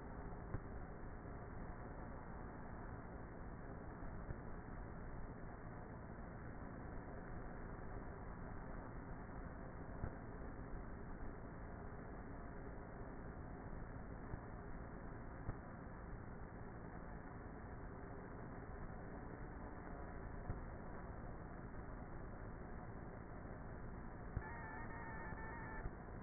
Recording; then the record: honeybee colony, microphone inside the hive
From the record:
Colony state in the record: queenless with a low population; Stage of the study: before two queens were removed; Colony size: about 30,000 bees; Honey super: no